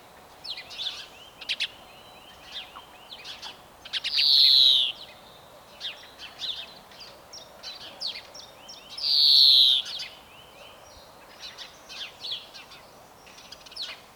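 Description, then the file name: European greenfinch alternating rapid high twitters and chirps with a harsh descending wheeze, the buzzy note coming twice, roughly five seconds apart. "Chloris chloris"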